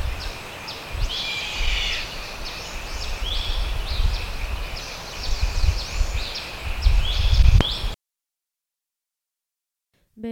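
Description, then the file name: Bird calls: fast irregular high chirps and downslurs for about eight seconds with low rumble and a brief click, then near silence. "SABIOD 50 bird 2015"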